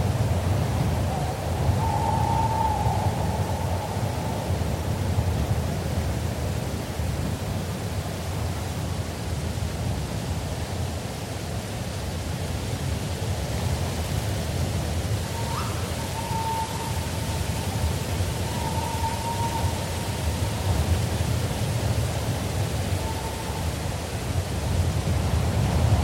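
A steady breeze rushes through forest trees, a dense, low roar that stays even for the whole stretch. Faint, thin whistled bird calls rise above it briefly around the second second, then again in a few short calls between about 15 and 23 seconds.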